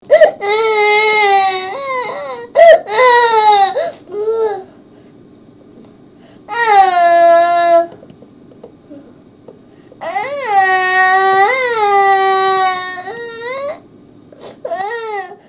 Baby Crying.